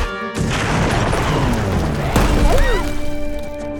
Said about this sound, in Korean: 폭발하는 로봇 다람쥐를 쏘다니. 대체 어디까지 악랄해질 셈인 건데?